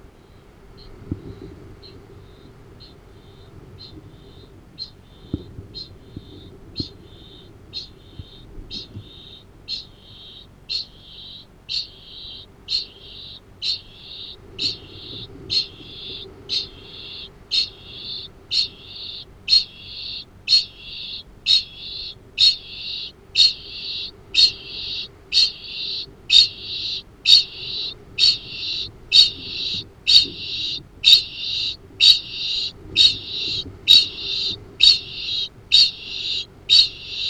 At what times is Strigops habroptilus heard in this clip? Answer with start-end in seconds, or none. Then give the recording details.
0.00-37.30. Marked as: faintness 4/5, faintness 2/5, faintness 1/5. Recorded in New Zealand. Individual Arab